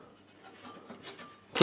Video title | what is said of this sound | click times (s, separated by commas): Building Home Server Using Spare Hardware X79 Intel 4930k PLEX/NAS/VirtualMachine | down and locks into place simple | 1.6 s